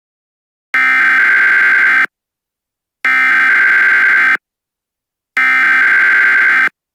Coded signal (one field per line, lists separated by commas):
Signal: Emergency Alert System (SAME) tones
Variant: header bursts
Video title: EAs Scenario 1: Red Hulk Attack